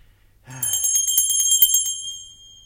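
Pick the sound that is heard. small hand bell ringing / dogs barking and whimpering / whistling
small hand bell ringing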